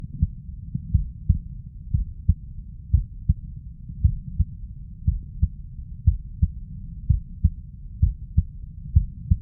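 Low, muffled thumps in lub-dub pairs come at roughly 85 beats a minute, with a soft steady hum underneath. It is a clean heartbeat heard through a stethoscope on the chest.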